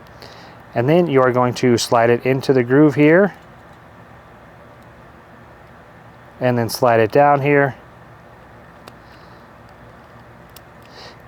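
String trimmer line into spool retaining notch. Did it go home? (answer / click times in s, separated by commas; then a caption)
yes / 10.6 s. Nylon line for a Craftsman string trimmer is slid down into the groove of the plastic spool and pressed with fingernails into the retaining notch. Someone talks, then quiet handling follows with small ticks. The line clicks and locks in place at 10.6 s.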